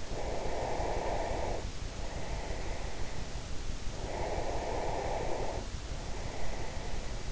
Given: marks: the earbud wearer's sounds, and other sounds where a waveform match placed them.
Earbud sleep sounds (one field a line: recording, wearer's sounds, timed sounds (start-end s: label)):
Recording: sounds in sleep by an in-ear microphone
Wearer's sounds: breath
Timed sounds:
0.00-3.23 s: breath
3.79-7.06 s: breath